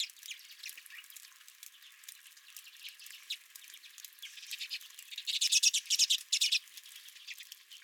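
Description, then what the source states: Redpolls chattering in fast dry trills, quiet at first, then louder buzzy bursts after five seconds from several overlapping birds. Redpolls calling at the recordist's feeder.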